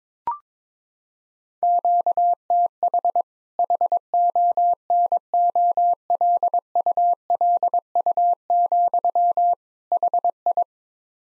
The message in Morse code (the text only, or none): QTH HONOLULU, HI